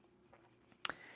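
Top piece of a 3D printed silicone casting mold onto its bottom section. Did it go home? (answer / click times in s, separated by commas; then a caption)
yes / 0.8 s. The top section of a multi-part 3D printed plastic mold for casting a silicone respirator is pushed down onto its bottom section. After a few faint ticks, a single sharp, loud click sounds at 0.9 s, followed by a brief ringing tail. The top piece clicks into place and is seated.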